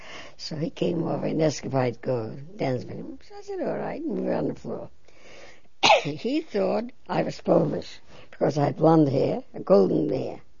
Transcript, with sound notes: So he came over, and asked if I'd go dance with him. So I said, "All right." And we were on the floor. ( she coughs ) He thought I was Polish because I had blonde hair, golden hair.